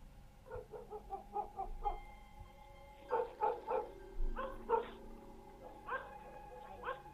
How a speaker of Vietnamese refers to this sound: Bỗng nhiên, chó nhà bên kia sủa gằn lên từng tiếng.